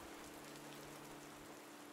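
Steady rain falls in a continuous, even hiss of countless drops, soft and unbroken throughout, with a faint low hum underneath and no voices.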